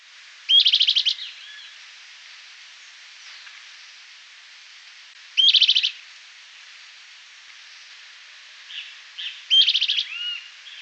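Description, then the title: Bran-colored flycatcher calls, brief high rattling bursts of rapid pulses repeated about every four to five seconds, with a few softer notes between. "LuckyPassaro Completos2Sama. Bran-colored Flycatcher (Myiophobus fasciatus)"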